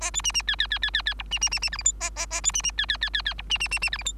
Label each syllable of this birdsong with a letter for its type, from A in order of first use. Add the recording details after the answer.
A B C C D D D D D D E C C C C F G H A A A B C C D D D D D E C C C C F G H. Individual Bird3